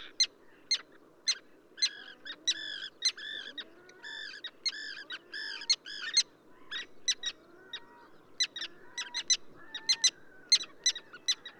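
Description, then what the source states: Common tern calls, clusters of harsh stacked notes alternating with sharp short clicks. Subspecies minussensis, recorded at Ögii Nuur, Mongolia.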